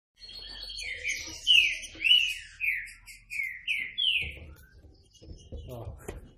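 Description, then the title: Green-winged saltator singing a run of rich, downward-sliding whistles about twice a second, then fading into softer background sounds. Classic song style, training recording. "Canto Clássico Trinca Ferro TREINAMENTO"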